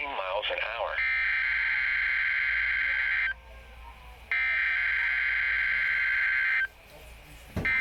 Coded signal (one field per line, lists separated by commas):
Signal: Emergency Alert System (SAME) tones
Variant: header bursts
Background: speech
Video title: Emergency Alert System EAS Required Weekly Test NOAA Weather Radio KEC65 (Midland WR300 Edition!)